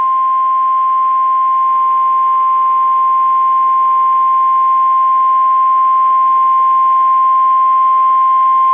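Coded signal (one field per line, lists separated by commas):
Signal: Emergency Alert System (SAME) tones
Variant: 1050 Hz attention tone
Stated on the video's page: A fictional EAS scenario.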